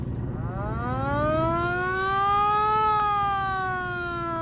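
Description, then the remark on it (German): A police car siren, switched on by the driver in heavy traffic, winds up in one slow, rising wail and then holds its high, steady tone, over a constant low engine rumble, with no one speaking. “Ich schalte besser die Sirene ein.”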